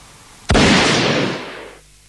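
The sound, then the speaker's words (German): A single loud shotgun blast cracks out sharply, then rolls off in a long, rumbling decay that fades over about a second. No voices. “Dann hob er die Flinte.”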